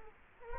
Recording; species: mosquito wingbeat signal from an infrared sensor; Culex quinquefasciatus